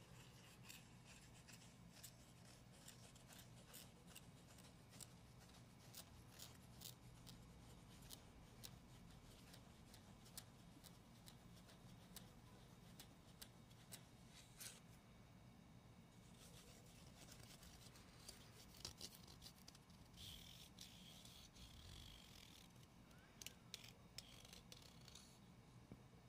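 Gentle tapping and scratching run steadily throughout, with frequent crisp clicks, denser and brighter bursts around 15 and 20 seconds over a low hum.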